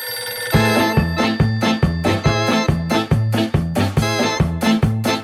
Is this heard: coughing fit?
no